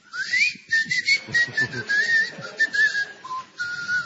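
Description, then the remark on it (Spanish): A person whistles to imitate a whistling firework, a golden and silver spiral firework with a whistle: a shrill tone climbs quickly, then holds a long, wavering high note before dipping lower near the end, with faint low murmuring underneath. “No, señor, este le dispara, es un silbido.”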